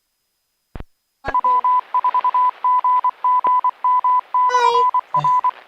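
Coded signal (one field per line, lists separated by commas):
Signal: Morse code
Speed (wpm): 25 wpm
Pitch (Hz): 1000 Hz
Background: none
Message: W4GGM/R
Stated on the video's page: Amateur radio club newbie net.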